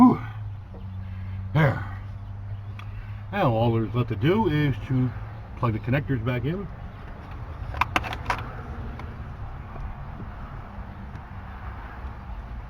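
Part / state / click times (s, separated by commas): wiring harness connector onto ignition coil / seated / 7.8 s, 8.0 s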